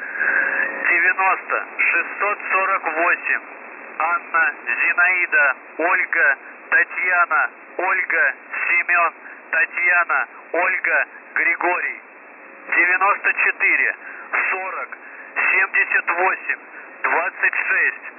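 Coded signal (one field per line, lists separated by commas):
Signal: numbers station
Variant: UVB-76, Russian voice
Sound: russian male voice reading numbers and phonetic-alphabet names over narrow radio audio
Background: radio static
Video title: UVB-76 (14th August, 06:35 UTC) - voice message (caught by accident)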